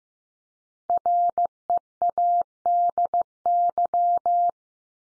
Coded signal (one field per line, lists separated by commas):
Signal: Morse code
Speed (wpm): 15 wpm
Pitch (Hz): 700 Hz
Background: none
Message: READY